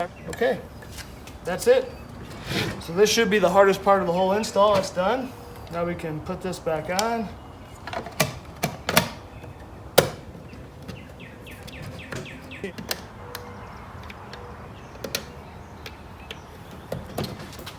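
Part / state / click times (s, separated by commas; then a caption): EV charger unit onto its wall mount/base / not seated / none. Someone talks while a ChargePoint Level 2 EV charger unit for a 2021 Jeep Wrangler 4xe Hybrid is handled and put back onto its wall mount/base. Sharp plastic knocks and clacks come at about 8.2, 8.9, 10.0 and 12.9 seconds, with quieter handling noise in between. The charger unit has not seated or locked onto the mount yet.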